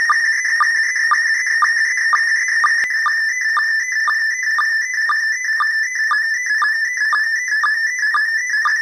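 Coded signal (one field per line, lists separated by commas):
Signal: SSTV (slow-scan television)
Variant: PD 120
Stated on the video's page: ISS SSTV event on 145.800 MHz in PD120 format, sent at relatively high power, received on a VHF delta loop antenna.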